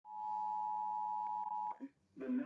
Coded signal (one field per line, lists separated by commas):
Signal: Emergency Alert System (SAME) tones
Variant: 853 and 960 Hz attention tone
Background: speech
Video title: emergency alert system part 3